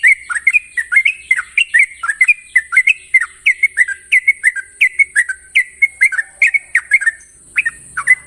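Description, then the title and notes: Yellow-vented Bulbul giving a dense, rapid series of bubbly chirping notes that barely pause, with a continuous faint hiss underneath. Long-trill song style (ropel panjang), prepared as a master recording for training song birds. "Masteran Trucukan Ropel Panjang. Kicau Burung Trucukan"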